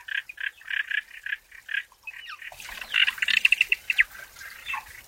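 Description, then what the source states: Frogs calling: a series of short pulsed notes, then a denser, noisier stretch with high bird chirps mixed in. Frogs and birds calling in a forest.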